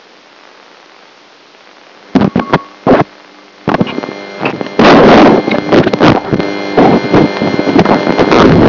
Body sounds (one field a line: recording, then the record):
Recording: brain microelectrode recording played as sound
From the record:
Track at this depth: outside the subthalamic nucleus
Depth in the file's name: 0.082 mm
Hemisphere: left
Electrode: 3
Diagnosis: Parkinson's disease